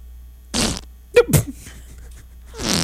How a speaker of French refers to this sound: Oh non, mais ça, c'est un coussin pétard. Oui, c'est mais. Pas un vrai pète. Non, mais je voulais pas vous faire jouer des vrais pets, hein, parce qu'on est à la radio, là.